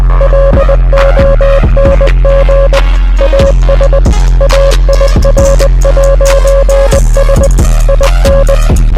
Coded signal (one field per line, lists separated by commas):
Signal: Morse code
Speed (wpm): 20 wpm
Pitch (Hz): 550 Hz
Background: music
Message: LONG AS AIR'S IN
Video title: I translated Head Up by The Score to morse code (DESC)